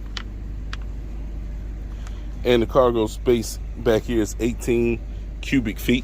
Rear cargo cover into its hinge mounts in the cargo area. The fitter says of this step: It just snaps into place the hinges.